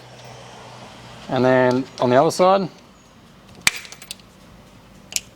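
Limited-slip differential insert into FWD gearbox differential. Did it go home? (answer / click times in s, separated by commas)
yes / 5.2 s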